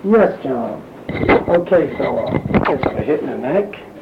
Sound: recorder off/on